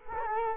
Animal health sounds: mosquito wingbeat signal from an infrared sensor; Culex quinquefasciatus

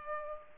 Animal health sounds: mosquito wingbeat signal from an infrared sensor; Culex pipiens

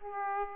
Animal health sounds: mosquito wingbeat signal from an infrared sensor; Aedes aegypti

